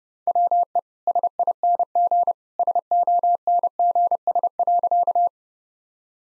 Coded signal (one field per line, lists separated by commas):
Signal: Morse code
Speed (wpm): 30 wpm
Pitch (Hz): 700 Hz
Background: none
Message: WE SING SONGS.